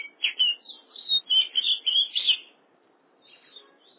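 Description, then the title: Oriental magpie-robin song: a quick run of bright, chattering chirps for about two seconds, then a softer phrase. "Kacer"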